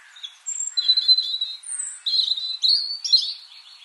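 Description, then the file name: European robin delivering a sweet warbling song of sustained high whistles alternating with quick trilled notes. "Erithacus rubecula"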